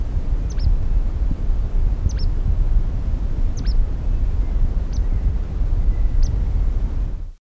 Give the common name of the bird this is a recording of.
Sooty Tyrannulet